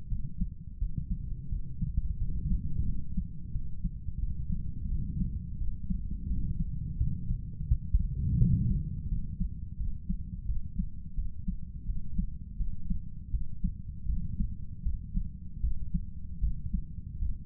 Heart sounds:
heart sounds by stethoscope; 84 bpm
0.08 s: heartbeat
0.79 s: heartbeat
1.49 s: heartbeat
2.18 s: heartbeat
2.85 s: heartbeat
3.52 s: heartbeat
4.19 s: heartbeat
4.88 s: heartbeat
5.58 s: heartbeat
6.27 s: heartbeat
6.97 s: heartbeat
7.67 s: heartbeat
8.38 s: heartbeat
9.08 s: heartbeat
9.77 s: heartbeat
10.46 s: heartbeat
11.15 s: heartbeat
11.86 s: heartbeat
12.57 s: heartbeat
13.31 s: heartbeat
14.06 s: heartbeat
14.83 s: heartbeat
15.60 s: heartbeat
16.40 s: heartbeat
17.18 s: heartbeat
From the record:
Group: healthy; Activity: cold pressor test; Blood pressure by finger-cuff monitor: 120/71 mmHg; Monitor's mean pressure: 85 mmHg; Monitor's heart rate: 86 bpm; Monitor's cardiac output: 7.8 L/min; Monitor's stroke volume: 92 mL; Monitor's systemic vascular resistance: 780 dyn s/cm5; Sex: male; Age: 35 years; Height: 180 cm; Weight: 86.9 kg

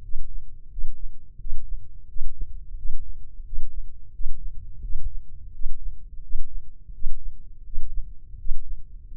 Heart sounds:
heart sounds by microphone in the left ear; 86 bpm
0.68 s: heartbeat
1.36 s: heartbeat
2.05 s: heartbeat
2.74 s: heartbeat
3.43 s: heartbeat
4.11 s: heartbeat
4.80 s: heartbeat
5.51 s: heartbeat
6.20 s: heartbeat
6.91 s: heartbeat
7.63 s: heartbeat
8.36 s: heartbeat
9.08 s: heartbeat
From the record:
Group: healthy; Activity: Valsalva maneuver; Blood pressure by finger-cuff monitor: 143/94 mmHg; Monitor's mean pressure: 108 mmHg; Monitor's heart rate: 87 bpm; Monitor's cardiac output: 6.3 L/min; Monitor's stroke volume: 73 mL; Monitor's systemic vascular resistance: 1250 dyn s/cm5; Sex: male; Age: 21 years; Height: 180 cm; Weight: 67.5 kg

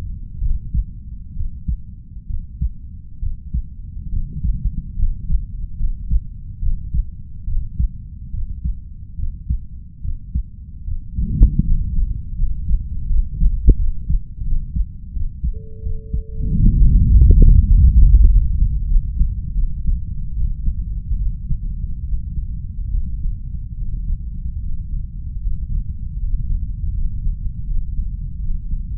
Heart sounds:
heart sounds by stethoscope; 77 bpm
0.38 s: heartbeat
1.33 s: heartbeat
2.27 s: heartbeat
3.19 s: heartbeat
4.10 s: heartbeat
4.95 s: heartbeat
5.76 s: heartbeat
6.59 s: heartbeat
7.44 s: heartbeat
8.30 s: heartbeat
9.16 s: heartbeat
10.01 s: heartbeat
10.84 s: heartbeat
11.63 s: heartbeat
12.35 s: heartbeat
13.06 s: heartbeat
13.76 s: heartbeat
14.43 s: heartbeat
15.12 s: heartbeat
15.82 s: heartbeat
16.49 s: heartbeat
17.10 s: heartbeat
17.70 s: heartbeat
18.28 s: heartbeat
18.87 s: heartbeat
19.54 s: heartbeat
20.33 s: heartbeat
21.18 s: heartbeat
22.05 s: heartbeat
22.92 s: heartbeat
23.77 s: heartbeat
24.60 s: heartbeat
25.40 s: heartbeat
26.19 s: heartbeat
26.93 s: heartbeat
27.65 s: heartbeat
28.39 s: heartbeat
From the record:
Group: healthy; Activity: rest 0-18 s, Valsalva maneuver 18-29 s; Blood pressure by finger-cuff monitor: 112/66 mmHg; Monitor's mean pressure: 78 mmHg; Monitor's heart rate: 74 bpm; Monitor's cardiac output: 5.4 L/min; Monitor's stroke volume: 73 mL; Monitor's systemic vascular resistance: 980 dyn s/cm5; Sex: female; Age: 32 years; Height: 168 cm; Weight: 61.9 kg

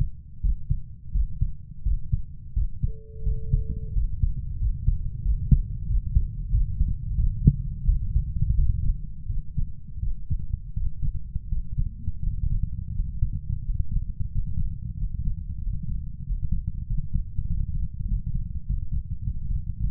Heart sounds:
heart sounds by stethoscope; 90 bpm
0.44 s: heartbeat
1.15 s: heartbeat
1.86 s: heartbeat
2.56 s: heartbeat
3.26 s: heartbeat
3.96 s: heartbeat
4.61 s: heartbeat
5.25 s: heartbeat
5.89 s: heartbeat
6.53 s: heartbeat
7.18 s: heartbeat
7.88 s: heartbeat
8.58 s: heartbeat
9.29 s: heartbeat
10.02 s: heartbeat
10.76 s: heartbeat
11.51 s: heartbeat
12.25 s: heartbeat
12.97 s: heartbeat
13.66 s: heartbeat
14.34 s: heartbeat
15.00 s: heartbeat
15.64 s: heartbeat
16.27 s: heartbeat
16.89 s: heartbeat
17.49 s: heartbeat
18.09 s: heartbeat
18.67 s: heartbeat
19.25 s: heartbeat
19.81 s: heartbeat
From the record:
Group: healthy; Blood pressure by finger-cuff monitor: 137/82 mmHg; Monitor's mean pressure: 95 mmHg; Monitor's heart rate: 88 bpm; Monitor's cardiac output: 6.7 L/min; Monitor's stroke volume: 79 mL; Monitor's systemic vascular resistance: 1020 dyn s/cm5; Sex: male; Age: 21 years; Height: 175 cm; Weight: 72.6 kg

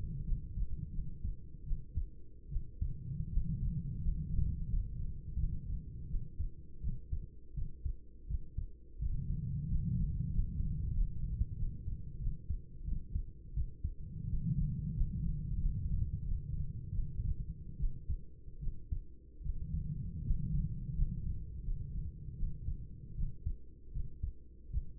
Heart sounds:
heart sounds by stethoscope; 83 bpm
0.23 s: heartbeat
0.91 s: heartbeat
1.63 s: heartbeat
2.48 s: heartbeat
3.28 s: heartbeat
4.00 s: heartbeat
4.69 s: heartbeat
5.36 s: heartbeat
6.06 s: heartbeat
6.80 s: heartbeat
7.53 s: heartbeat
8.26 s: heartbeat
8.98 s: heartbeat
9.66 s: heartbeat
10.31 s: heartbeat
10.93 s: heartbeat
11.55 s: heartbeat
12.18 s: heartbeat
12.83 s: heartbeat
13.53 s: heartbeat
14.26 s: heartbeat
14.93 s: heartbeat
15.58 s: heartbeat
16.24 s: heartbeat
16.91 s: heartbeat
17.76 s: heartbeat
18.59 s: heartbeat
19.41 s: heartbeat
20.22 s: heartbeat
20.94 s: heartbeat
21.62 s: heartbeat
22.35 s: heartbeat
23.14 s: heartbeat
23.91 s: heartbeat
24.69 s: heartbeat
From the record:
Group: healthy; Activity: rest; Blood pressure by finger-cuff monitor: 109/55 mmHg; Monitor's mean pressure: 72 mmHg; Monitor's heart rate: 84 bpm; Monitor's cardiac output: 7.7 L/min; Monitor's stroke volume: 89 mL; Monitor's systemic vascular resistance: 710 dyn s/cm5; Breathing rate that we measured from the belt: 11 breaths a minute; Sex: female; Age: 26 years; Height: 165 cm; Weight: 55 kg

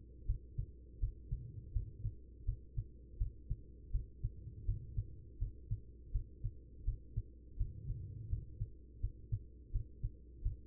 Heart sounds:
heart sounds by stethoscope; 83 bpm
0.25 s: heartbeat
0.99 s: heartbeat
1.72 s: heartbeat
2.44 s: heartbeat
3.17 s: heartbeat
3.91 s: heartbeat
4.65 s: heartbeat
5.38 s: heartbeat
6.11 s: heartbeat
6.84 s: heartbeat
7.57 s: heartbeat
8.28 s: heartbeat
9.00 s: heartbeat
9.71 s: heartbeat
10.42 s: heartbeat
From the record:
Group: healthy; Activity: cold pressor test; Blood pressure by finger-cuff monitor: 118/80 mmHg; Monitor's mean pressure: 92 mmHg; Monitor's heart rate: 82 bpm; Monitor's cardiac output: 5.5 L/min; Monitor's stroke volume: 68 mL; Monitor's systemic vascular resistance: 1230 dyn s/cm5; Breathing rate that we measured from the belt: 19 breaths a minute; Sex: female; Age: 43 years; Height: 160 cm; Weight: 90 kg

